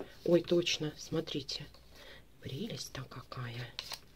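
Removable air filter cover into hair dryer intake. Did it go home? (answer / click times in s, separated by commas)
no / none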